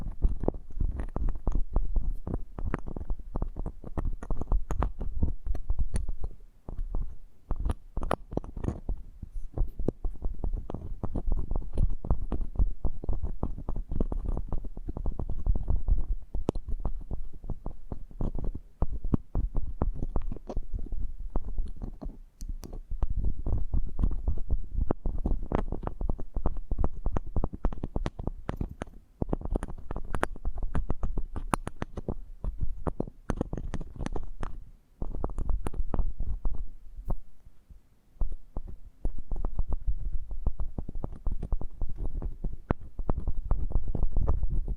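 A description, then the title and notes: An eardrum massage ASMR sound: dense, continuous rubbing and thumping that stays low and muffled, with little brightness above the middle range. Quick irregular taps and scrapes run throughout, broken by a few brief dips into near-silence around 7, 29, 35 and 38 seconds. ASMR Intimate Eardrum Massage.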